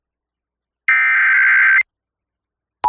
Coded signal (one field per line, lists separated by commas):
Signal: Emergency Alert System (SAME) tones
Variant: header bursts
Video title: [EAS] WRAL-FM - Amber Alert Activation - 8/30/2024